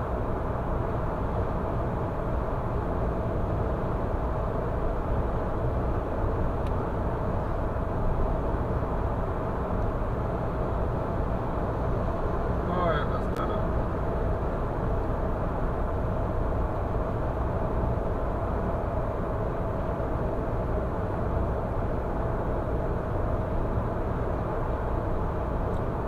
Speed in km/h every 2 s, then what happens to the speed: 106, 106, 105, 105, 106, 105, 105, 106, 106, 106, 106, 106, 106.
0-26 steady at about 106.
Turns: none.